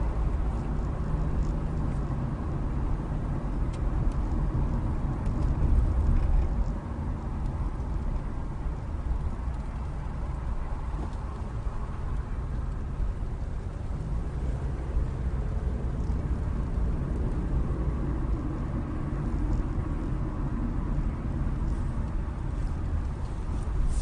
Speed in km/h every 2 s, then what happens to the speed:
29, 29, 26, 21, 15, 13, 13, 19, 32, 34, 26, 15.
3-8 slows to 15. 12-18 speeds up to 34. 18-24 brakes to 15.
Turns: 7-14.